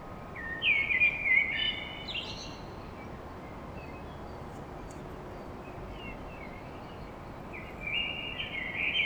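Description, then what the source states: Common blackbird song: a mellow warbled phrase with a high twitter, a long quiet gap with soft background hiss, then another phrase beginning. Blackbird song at dawn in Paris.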